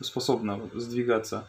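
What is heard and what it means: A plastic focus ring is being shifted sideways on a Canon EF 50mm f/1.4 lens so it can spread around the circle before being pressed fully into the lens barrel. Only someone talking is heard. Nothing has seated or clicked yet.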